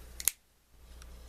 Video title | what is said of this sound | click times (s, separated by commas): Cold Steel Voyager | up very smooth nice click to it blade | 0.3 s